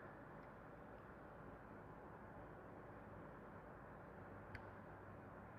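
A grooved metal tension wrench is pushed into a lock's keyway over a steady, broadband background rumble. A single short, sharp click sounds at 4.6 seconds as the wrench seats in place, its grooves helping it lock in.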